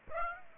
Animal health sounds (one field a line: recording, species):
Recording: mosquito wingbeat signal from an infrared sensor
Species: Aedes aegypti